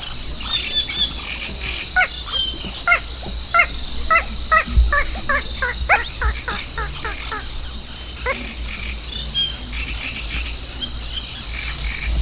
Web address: Madardalok Kis vízicsibe